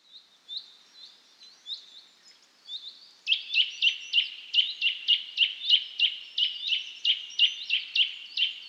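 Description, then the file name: Eurasian nuthatch calls: soft high notes at first, then a fast steady series of loud, clear whistled calls, about three or four each second. "Sitta europaea"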